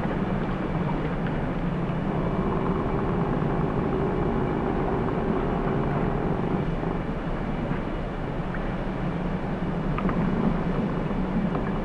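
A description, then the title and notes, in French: Underwater recording from a hydrophone lowered into a cove in the Bering Sea. A steady, dense low rumble fills the whole clip, with a faint hum-like tone drifting through the middle from about two to seven seconds. Scattered small clicks and crackles sound throughout. Plongée d'hydrophones dans une crique de St-Paul, une des îles Pribilof, dans la mer de Béring qui, la nuit, se glace. Sous la couche gelée, craquettent des crevettes-pistolet. L'eau solide travaille, gronde, chante.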